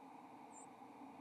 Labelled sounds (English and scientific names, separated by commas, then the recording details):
White-throated Sparrow (Zonotrichia albicollis) flight call
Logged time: 03:24 on 4 December 2014